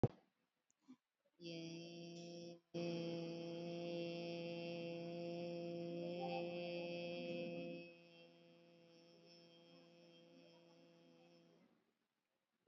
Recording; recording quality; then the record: sustained vowel as in made; excellent, no background noise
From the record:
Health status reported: COVID-19 positive, mild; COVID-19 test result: positive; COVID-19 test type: RT-PCR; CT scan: not taken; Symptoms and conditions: cold, fever, muscle pain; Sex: female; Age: 34 years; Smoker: no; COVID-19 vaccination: none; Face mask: worn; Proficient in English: no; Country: India